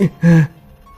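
A woman stabbed with a dagger lets out a choked gasp as she dies: a brief strangled catch of breath, then a strained, low voiced moan lasting a fraction of a second before it cuts off into near silence.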